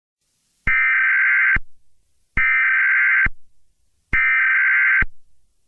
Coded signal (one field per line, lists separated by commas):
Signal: Emergency Alert System (SAME) tones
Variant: header bursts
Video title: Eas Mock Scenario: Black Fog